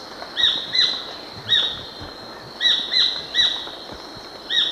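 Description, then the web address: Black-billed treehunter call series: repeated harsh, downslurred notes at uneven intervals, some in quick pairs, over a steady high hiss. Recorded in Ecuador. "S America Birds of Ecuador Black-Billed Treehunter"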